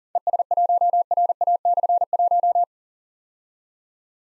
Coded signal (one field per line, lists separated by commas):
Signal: Morse code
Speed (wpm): 42 wpm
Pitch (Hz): 700 Hz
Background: none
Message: ES1RA/1